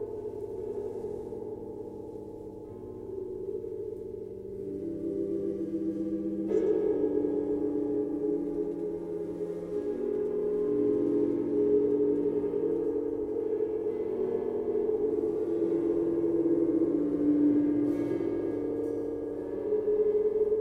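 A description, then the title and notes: Gongs and singing bowls hum in a dense, sustained wash of low and mid tones that beat and shimmer slowly against each other. Around six seconds a fresh strike swells the sound, and it stays full and ringing to the end, with faint bright glints near eighteen seconds. Sound therapist and energy healer Natalie Grace leads you through a sound bath meditation using gongs, drums and Tibetan singing bowls.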